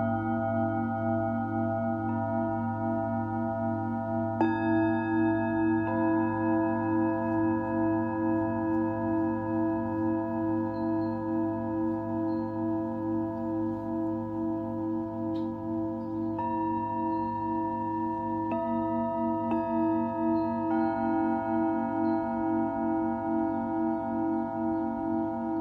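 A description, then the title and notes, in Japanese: Singing bowls ring in a sustained, layered hum, with fresh strikes around 4, 6, 16, 18 and 21 seconds adding bright shimmering tones. シンギングボウルのサウンドヒーリング。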